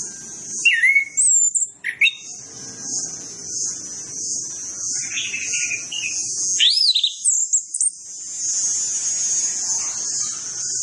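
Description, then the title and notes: Orange-headed Thrush with scattered rising whistles and slurred chirps, over a continuous shrill, pulsing buzz throughout. Lure training recording of full mimicry-filled song, played to prompt Orange-headed Thrushes to sing quickly and freely. "Masteran Anis Kembang Full Isian Untuk Suara Pancingan Anis Kembang Agar Cepat Ngeplong. Suara Burung Anis Kembang"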